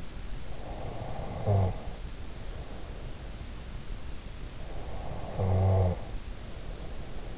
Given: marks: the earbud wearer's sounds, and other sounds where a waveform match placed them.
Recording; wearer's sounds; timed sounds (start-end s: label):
sounds in sleep by an in-ear microphone; snoring breath
0.42-3.06 s: snoring breath
4.75-7.38 s: snoring breath